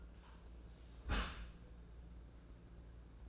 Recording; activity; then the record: daily activity, microphone in the room; close dishwasher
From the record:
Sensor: 2